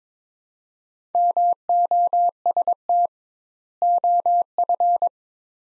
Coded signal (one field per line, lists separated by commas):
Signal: Morse code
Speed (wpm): 22 wpm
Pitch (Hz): 700 Hz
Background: none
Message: MOST OF